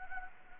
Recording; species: mosquito wingbeat signal from an infrared sensor; Anopheles gambiae